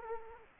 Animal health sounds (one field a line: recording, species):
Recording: mosquito wingbeat signal from an infrared sensor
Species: Culex quinquefasciatus